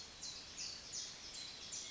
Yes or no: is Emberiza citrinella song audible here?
no